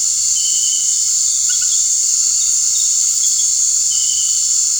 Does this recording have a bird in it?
no